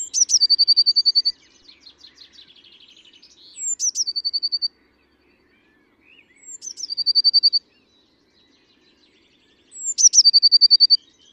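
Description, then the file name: Eurasian blue tit singing four phrases of high thin notes leading into a rapid ringing trill, with a soft buzzy twitter after the first. "Cyanistes caeruleus"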